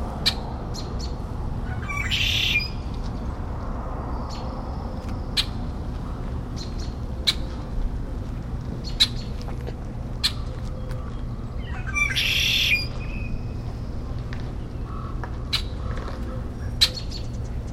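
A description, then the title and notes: A Red-winged Blackbird calls from nearby, with two bright, buzzy trills around two and twelve seconds standing out above the rest. Short sharp chips and clicks scatter throughout, over a steady low hum and rumble of neighborhood background noise. Neighborhood Blackbird. I was walking across the yard and was a little surprised to hear a Red-winged Blackbird calling from nearby.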